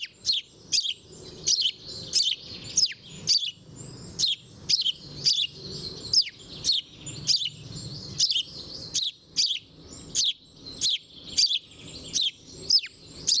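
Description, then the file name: House sparrow chirping, loud sharp chirps repeated in irregular runs, with faint twittering behind. "Passer domesticus"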